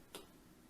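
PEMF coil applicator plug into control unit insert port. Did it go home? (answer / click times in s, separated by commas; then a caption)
yes / 0.2 s. A PEMF coil applicator plug is inserted at about 11 o'clock into its matching blue insert port on a HUGO Intense control unit, then twisted to 12 o'clock until it locks. A single sharp click sounds at 0.15 s over a quiet background, and the twist-lock plug is seated.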